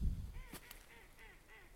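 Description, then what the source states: Trumpeter swan honks: a few nasal, arched notes. A pair of trumpeter swans on an estuary at low tide on a winter morning, Haida Gwaii.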